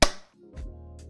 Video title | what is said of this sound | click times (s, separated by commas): Living Room Home Theater Upgrades! SmartWings Matter Shades and Sohnne EAMES Lounge Chair | the left side should just slide right into the left side bracket until you hear a click | 0.0 s